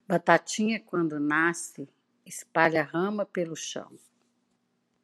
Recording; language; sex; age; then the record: short text; Brazilian Portuguese; female; 60 to 69 years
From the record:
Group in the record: control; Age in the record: 63 years